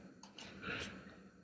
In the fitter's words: the new one back into place so you hear it click repeat your connections